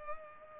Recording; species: mosquito wingbeat signal from an infrared sensor; Culex pipiens